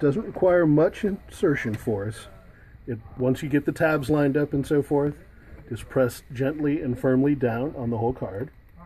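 An Nvidia Quadro K2000 PCI Express graphics card is handled over a motherboard PCIe slot, with its tabs being lined up so it can be pressed gently and firmly down into the slot. A man talks throughout the clip, and no distinct click or impact sound stands out. The card has not seated or clicked yet, and the slot's small retaining clip has not flipped up.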